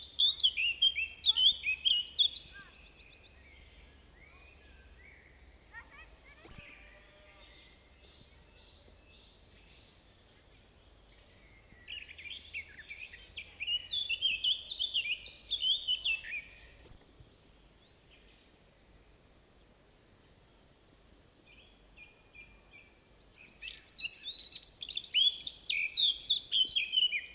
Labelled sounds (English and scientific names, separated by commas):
Eurasian Blackcap (Sylvia atricapilla) song